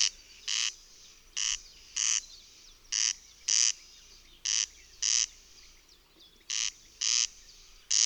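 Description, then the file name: Corn crake producing loud, buzzy rasps in a crex-crex pattern, repeated at an even pace, with a brief pause late on. "Derkacz"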